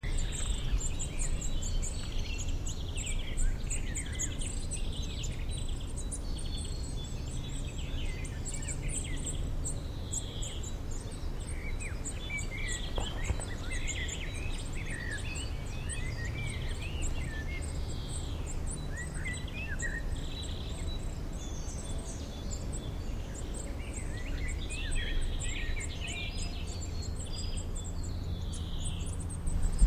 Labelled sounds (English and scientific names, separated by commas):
Eurasian Nuthatch (Sitta europaea) call